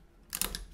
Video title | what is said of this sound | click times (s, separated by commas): NonEx - RA Tech Kimber Royal II - unboxing, overview etc. - PART 2 | I can get it halfway up but it does not fully engage on the right side | 0.3 s, 0.4 s